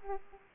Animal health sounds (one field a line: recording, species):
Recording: mosquito wingbeat signal from an infrared sensor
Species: Aedes aegypti